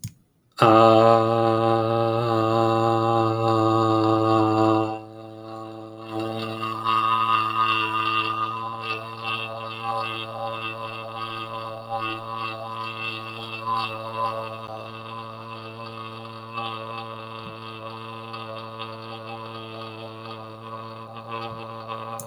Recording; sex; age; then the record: vowel held as long as possible; male; 20 to 29 years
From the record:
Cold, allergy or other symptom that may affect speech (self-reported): no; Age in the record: 23 years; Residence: Texas, United States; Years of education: 16